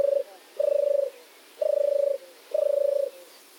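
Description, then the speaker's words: Turtle dove cooing: four low, purring coos given about once a second against a quiet background. Now so rare it is hardly heard anymore; the only dove species in the Netherlands that migrates. "Ik denk de zomertortel. Die is zo zeldzaam, die hoor ik eigenlijk nauwelijks meer."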